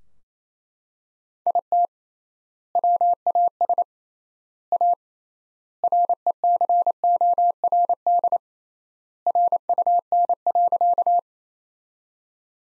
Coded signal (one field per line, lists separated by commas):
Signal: Morse code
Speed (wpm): 28 wpm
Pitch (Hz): 700 Hz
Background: none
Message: IT WAS A RECORD RUN.